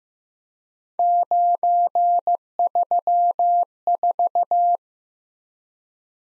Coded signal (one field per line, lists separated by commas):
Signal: Morse code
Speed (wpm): 15 wpm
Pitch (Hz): 700 Hz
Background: none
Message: 934